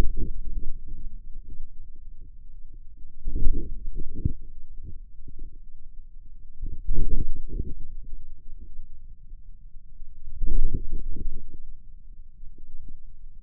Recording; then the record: forearm muscle sounds (acoustic myography)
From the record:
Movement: ulnar deviation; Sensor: system 2, bracelet of six BSWA MPA416 microphones around the upper forearm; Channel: 6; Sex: male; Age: 22 years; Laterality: right